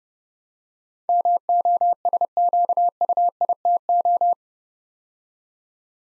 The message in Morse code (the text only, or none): MOSQUITO